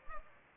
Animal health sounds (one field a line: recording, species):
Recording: mosquito wingbeat signal from an infrared sensor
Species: Aedes aegypti